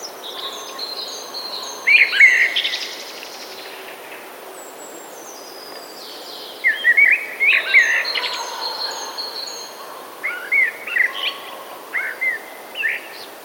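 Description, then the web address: Common blackbird song: short rich warbling phrases followed by high squeaky twitters, repeated with gaps of a few seconds. Recorded 28 January 2018. "wroblowe teka kos 28 01 2018"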